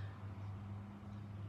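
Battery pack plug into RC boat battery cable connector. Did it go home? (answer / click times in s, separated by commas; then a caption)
no / none. The battery pack's plug is being handled at the plastic connector of the battery cable inside an Altair AA Wave RC boat, not yet pushed home. Only a steady low hum with tones near 100 Hz and 200 Hz and a soft broadband hiss are heard, with no sharp hits. Nothing has seated or clicked yet.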